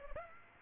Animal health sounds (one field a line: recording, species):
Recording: mosquito wingbeat signal from an infrared sensor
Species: Aedes aegypti